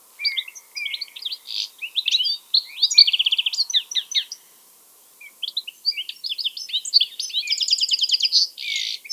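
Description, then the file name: European goldfinch singing tinkling twitters and a fast rattling trill, pausing briefly, then resuming with chirps, another trill and a harsh buzzy note. "Carduelis carduelis"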